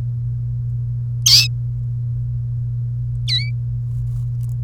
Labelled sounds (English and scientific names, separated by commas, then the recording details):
Domestic Canary (Serinus canaria) song
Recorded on 1 May 2018 at 17:08
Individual llb3